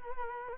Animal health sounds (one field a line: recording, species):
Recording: mosquito wingbeat signal from an infrared sensor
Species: Culex quinquefasciatus